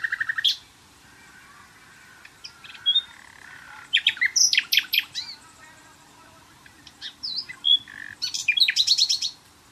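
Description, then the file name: Common nightingale singing in separate bursts of sharp notes, chirps and rapid trills, with quiet gaps between phrases. "Luscinia megarhynchos"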